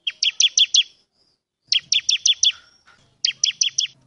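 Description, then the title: Bar-winged prinia chirping call: three rapid bursts of about five sharp, high chirps each. Actively singing bird calling a rival; master recording for training all kinds of birds. "Ciblek gacor manggil lawan ciblekmu lanhsung nyaut"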